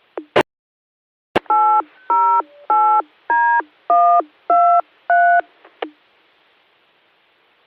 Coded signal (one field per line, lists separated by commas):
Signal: DTMF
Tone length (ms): 320 ms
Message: 808D123